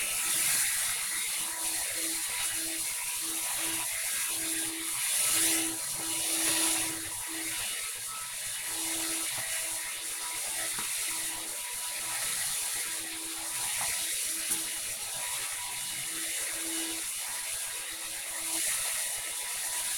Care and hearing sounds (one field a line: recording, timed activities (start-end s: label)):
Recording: household activities, microphone on the right wrist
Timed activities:
0.00-19.98 s: vacuum cleaning